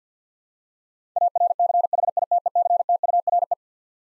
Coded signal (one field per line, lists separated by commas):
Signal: Morse code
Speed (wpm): 50 wpm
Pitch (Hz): 700 Hz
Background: none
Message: ARCHITECTURE